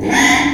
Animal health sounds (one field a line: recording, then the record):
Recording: squeal of a Yucatan mini pig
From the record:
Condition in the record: after surgery on the right vocal fold (resection and tissue-engineered implant)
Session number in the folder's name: 3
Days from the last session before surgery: 33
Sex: male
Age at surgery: 12 weeks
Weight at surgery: 13 kg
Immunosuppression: cyclosporine, prednisolone